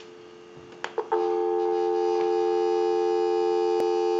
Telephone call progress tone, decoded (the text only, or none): dial tone